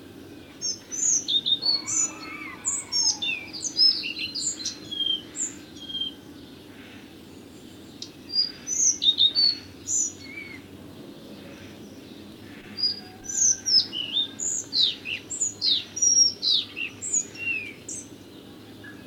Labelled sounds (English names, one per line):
Collared Flycatcher song